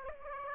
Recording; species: mosquito wingbeat signal from an infrared sensor; Aedes aegypti